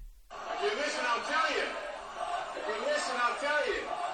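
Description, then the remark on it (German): A large crowd chants the slogan "Let's go Brandon" in unison, loud rhythmic shouted syllables repeating over about four seconds, with a dense wash of many voices and cheering underneath. “Also, sie schreien Let's go Brandon, falls es wer nicht versteht.”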